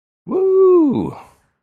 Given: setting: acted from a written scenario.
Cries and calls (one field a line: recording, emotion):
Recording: vocal sound without words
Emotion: triumph